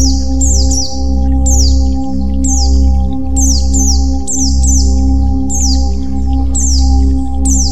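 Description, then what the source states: White-eye song: bright, high notes sliding downward, given in short bursts about once a second, with a steady low hum behind. White-eye 'terapi' (therapy) song.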